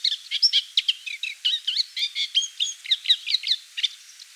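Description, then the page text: Moustached warbler song: a fast, chattering stream of varied short notes, clicks and slurred whistles, about four to five notes per second, steady throughout. "Moustached Warbler Song. Quick Sounds"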